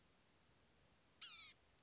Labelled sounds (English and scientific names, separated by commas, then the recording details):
Blue-gray Gnatcatcher (Polioptila caerulea)
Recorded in Sonoma County, California